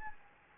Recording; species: mosquito wingbeat signal from an infrared sensor; Anopheles gambiae